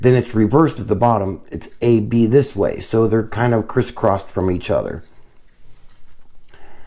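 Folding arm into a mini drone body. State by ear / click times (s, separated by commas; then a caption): seated / 6.1 s, 6.5 s. The folding plastic arms of a CXJ C12 mini drone are swung out into the drone body after someone talks for about five seconds. Quiet handling sounds follow, with two small sharp clicks at 6.1 s and 6.5 s as the arms lock into place, fully seated.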